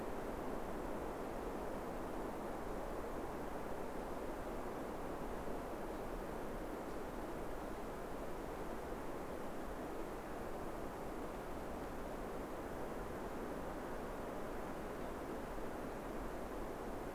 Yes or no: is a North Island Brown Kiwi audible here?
no